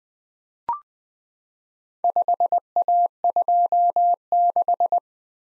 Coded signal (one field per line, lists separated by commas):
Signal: Morse code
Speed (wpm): 20 wpm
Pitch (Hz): 700 Hz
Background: none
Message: 5A26